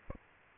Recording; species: mosquito wingbeat signal from an infrared sensor; Aedes aegypti